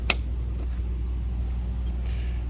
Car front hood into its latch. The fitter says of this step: then you just push down on the corners until it clicks